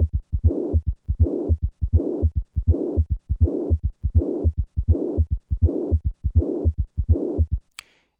The sounds of acute, severe mitral regurgitation. A harsh systolic decrescendo murmur and a short diastolic rumble.